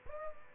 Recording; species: mosquito wingbeat signal from an infrared sensor; Aedes aegypti